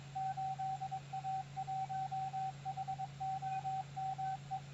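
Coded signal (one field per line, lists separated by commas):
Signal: Morse code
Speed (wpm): 22 wpm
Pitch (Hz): 770 Hz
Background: radio noise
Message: 8A1HOME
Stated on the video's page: Special event station on 40 m CW, 100 watts into a half-wave wire dipole with feed point 11 m high; good ionospheric propagation.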